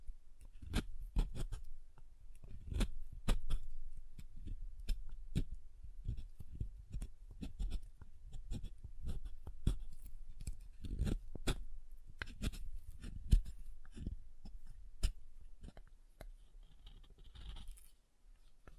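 Soft hard soap is tapped and carved in quick irregular taps and scrapes, sharp clicks with low thuds, continuing throughout before tapering off near the end.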